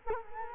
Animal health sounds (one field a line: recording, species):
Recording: mosquito wingbeat signal from an infrared sensor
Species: Culex quinquefasciatus